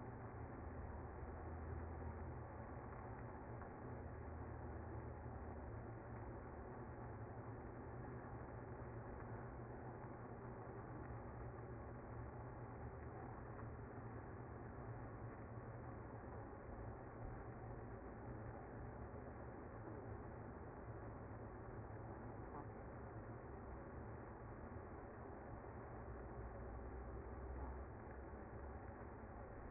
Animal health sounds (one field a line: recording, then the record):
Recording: honeybee colony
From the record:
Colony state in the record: active